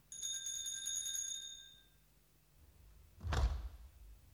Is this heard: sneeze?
no